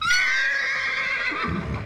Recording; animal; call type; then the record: contact call of a hoofed animal; horse; whinny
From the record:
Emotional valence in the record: negative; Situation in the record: group separation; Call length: 1.86 s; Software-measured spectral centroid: 2600 Hz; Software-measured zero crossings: 3390 a second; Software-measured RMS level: -24 dBFS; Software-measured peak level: -11 dBFS